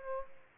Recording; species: mosquito wingbeat signal from an infrared sensor; Culex pipiens